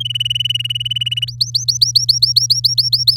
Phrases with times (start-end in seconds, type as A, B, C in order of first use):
0.00-1.25 A, 1.27-3.16 B